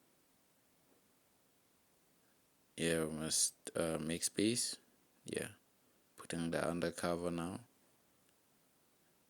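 A plastic bottom cover is being placed and lined up on a PlayStation 4 game console housing before it is pressed home. Someone talks from about 2.7 to 7.6 s, with only quiet rustling heard otherwise. Nothing has clicked or seated yet.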